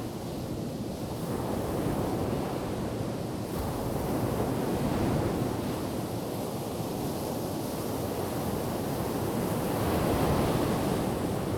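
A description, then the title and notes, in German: Sea surf rolls steadily and densely, a deep continuous wash with slow swells around four and ten seconds, plus some wind rumble. Meeresrauschen an der Kurischen Nehrung.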